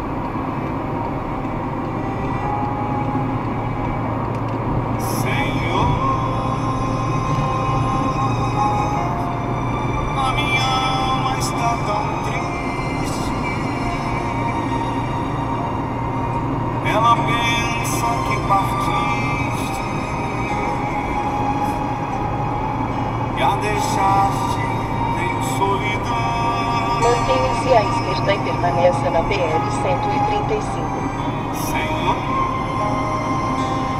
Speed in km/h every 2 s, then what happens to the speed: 116, 119, 123, 125, 127, 126, 124, 123, 124, 123, 120, 120, 120, 121, 121, 118, 115.
0-9 speeds up to 127. 9-34 slows to 115.